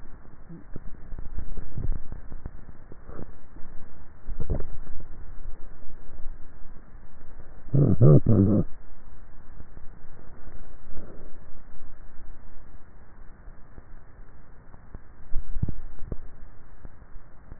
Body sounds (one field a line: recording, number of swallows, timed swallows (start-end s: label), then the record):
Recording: swallowing sounds by neck microphone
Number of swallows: 3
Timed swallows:
1.45-2.05 s: swallow
4.35-5.08 s: swallow
15.48-16.25 s: swallow
From the record:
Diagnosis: dysphagia